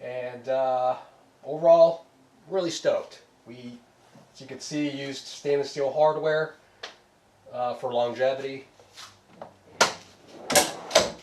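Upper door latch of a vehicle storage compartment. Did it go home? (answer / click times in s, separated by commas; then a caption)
yes / 11.0 s. Someone talks about the custom camera gear compartment and charging station built into a Toyota Land Cruiser 80 Series, which uses stainless steel hardware for longevity. A few short knocks follow as the compartment's upper door is closed, and its latch locks in place with a sharp click at 11.0 s.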